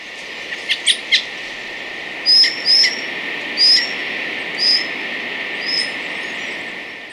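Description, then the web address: Great thrush giving four brief sharp ticks, then a few thin, high whistled notes that grow fainter. Recorded in Ecuador. "S America Birds of Ecuador. Great Thrush"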